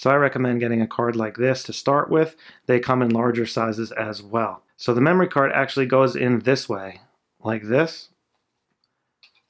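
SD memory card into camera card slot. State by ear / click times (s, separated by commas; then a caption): seated / 9.2 s. Someone talks while holding up a SanDisk SD memory card and lining it up with the push-click card slot of a Sony A6600 camera. After the talking stops, the card is pushed into the slot and latches with a short, quiet click at 9.2 s, seating the card.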